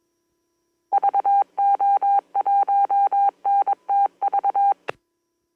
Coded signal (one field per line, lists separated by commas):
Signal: Morse code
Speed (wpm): 22 wpm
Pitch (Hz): 800 Hz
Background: none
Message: VO1NTV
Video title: Quick Qso with VO1MDS on local Repeater